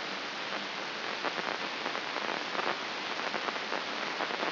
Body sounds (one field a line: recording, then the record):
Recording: brain microelectrode recording played as sound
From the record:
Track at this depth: outside the subthalamic nucleus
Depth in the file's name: 5.419 mm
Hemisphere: left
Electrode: 2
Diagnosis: Parkinson's disease